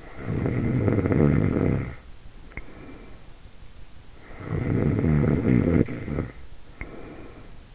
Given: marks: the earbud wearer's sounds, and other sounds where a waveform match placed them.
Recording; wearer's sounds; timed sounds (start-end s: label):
sounds in sleep by an in-ear microphone; snoring breath
0.00-3.60 s: snoring breath
4.06-7.49 s: snoring breath